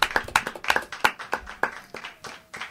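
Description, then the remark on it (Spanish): A burst of hand clapping from an audience to close the show Escucha Entre el Ruido: sharp, bright claps arriving quickly and a little unevenly, steady at first and then thinning and softening toward the end, with no voices over them. “Un aplauso para cerrar.”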